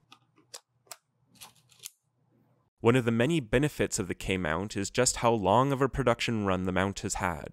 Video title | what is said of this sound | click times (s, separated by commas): Pentax K-1 Mark II: Overview Training | to reattach the lens match the red dots on the lens in the body and rotate until you hear a click | 1.9 s